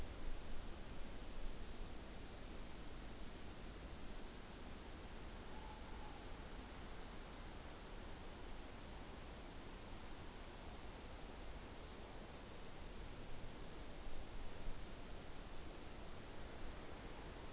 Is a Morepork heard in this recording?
yes